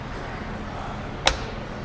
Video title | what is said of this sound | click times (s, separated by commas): Ice Chicory Coffee | you put it on top and then the it'll snap right into place once you push it down there | 1.3 s